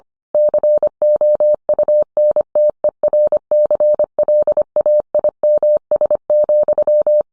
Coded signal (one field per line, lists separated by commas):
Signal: Morse code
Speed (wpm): 25 wpm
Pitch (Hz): 600 Hz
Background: none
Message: COUNTERCLAIMS,